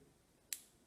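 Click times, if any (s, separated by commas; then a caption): 0.5 s. A spring-loaded steel spring bar holding the bracelet end link of a TAG Heuer Aquaracer WAP2011 dive watch is fitted into the lug hole of the watch case. A single sharp, bright click sounds at 0.5 s over a quiet background. The spring bar seats in the lug hole.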